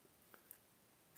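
A plastic accessory is pressed onto a vintage-style Hasbro Micronauts Classic Collection action figure, with a faint click at 0.3 s and a sharper plastic snap at 0.5 s. The accessory snaps into place and is confirmed to still snap on as it used to.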